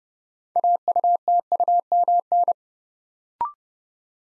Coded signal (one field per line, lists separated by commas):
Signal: Morse code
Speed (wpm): 30 wpm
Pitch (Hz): 700 Hz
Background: none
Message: AUTUMN